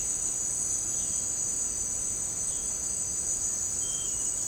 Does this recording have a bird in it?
no